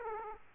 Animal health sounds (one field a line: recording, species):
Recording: mosquito wingbeat signal from an infrared sensor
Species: Aedes aegypti